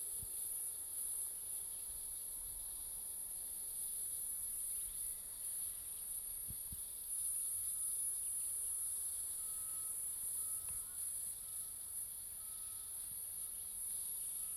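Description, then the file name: Cicada song, a steady high-pitched continuous buzz that holds unbroken for the whole stretch, with a few soft low thumps underneath. Recorded at Zuurberg Pass. "P chalybaea Zuurberg Pass"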